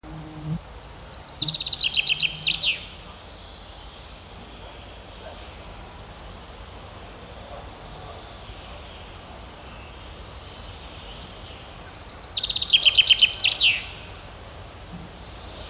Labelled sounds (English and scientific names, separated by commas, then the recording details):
Common Chaffinch (Fringilla coelebs) song
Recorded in the wild
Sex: male
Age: adult
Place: Bielefeld-Mitte, Nordrhein-Westfalen, DE
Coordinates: 52.0078, 8.54806
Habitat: residential district
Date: 1972-06-21
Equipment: Uher 4200 Report Stereo, Bändchenmikro Beyer M 260, Parabolspiegel Polyester (600 mm)
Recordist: Conrads, Klaus
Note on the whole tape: Bielefeld, Am Tiefen Weg. Männchen: Gesang